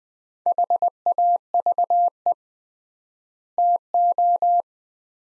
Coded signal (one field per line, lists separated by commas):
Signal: Morse code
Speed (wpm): 20 wpm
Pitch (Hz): 700 Hz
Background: none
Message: HAVE TO